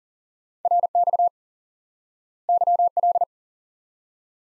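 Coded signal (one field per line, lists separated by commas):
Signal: Morse code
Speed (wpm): 40 wpm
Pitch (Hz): 700 Hz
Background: none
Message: RX YL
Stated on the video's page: High-speed (QRQ) Morse lesson teaching common QSO elements by instant word recognition.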